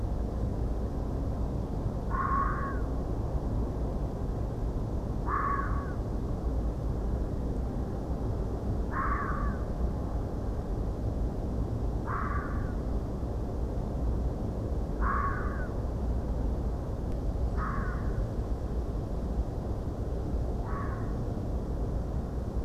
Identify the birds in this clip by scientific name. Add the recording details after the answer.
none. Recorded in France